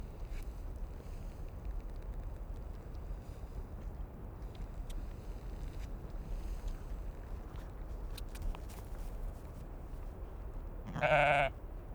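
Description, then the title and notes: Sheep bleating briefly at the very end, a clear harmonic call after long stretches of gusting wind. Sheep numerous on the slopes to Kallur Lighthouse, northern Kalsoy, Faroe Islands, in strong wind; Sonosax SXM2D2 and iPhone, wav 96kHz/24b, MS in Cinela PIA2. "Moutons de Kallur LightHouse Féroé, 959Q+87 Trøllanes, Îles Féroé. Ces Moutons sont nombreux sur les versants qui conduisent au Phare de Kallur, et quel bonheur dans ce vent fort!!! Un bout du monde, perché en vigie au nord de Kalsoy, une des Iles des Féroé"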